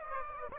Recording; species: mosquito wingbeat signal from an infrared sensor; Aedes aegypti